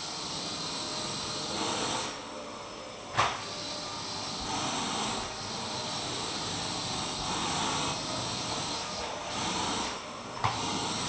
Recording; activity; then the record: daily activity, microphone in the room; vacuum cleaning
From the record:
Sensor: 1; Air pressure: 1002.0 hPa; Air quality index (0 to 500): 242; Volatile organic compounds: 47 ppm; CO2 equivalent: 3255 ppm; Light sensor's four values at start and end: 8/28/10/11 and 8/28/10/11